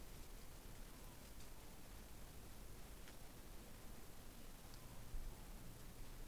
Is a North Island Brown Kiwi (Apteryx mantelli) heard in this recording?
no